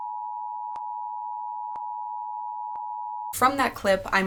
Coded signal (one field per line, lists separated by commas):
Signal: Emergency Alert System (SAME) tones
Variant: 853 and 960 Hz attention tone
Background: speech